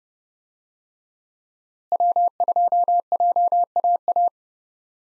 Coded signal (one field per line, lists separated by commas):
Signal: Morse code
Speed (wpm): 30 wpm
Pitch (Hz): 700 Hz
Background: none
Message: W2JAA